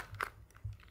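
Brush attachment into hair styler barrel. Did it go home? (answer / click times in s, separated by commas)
yes / 0.2 s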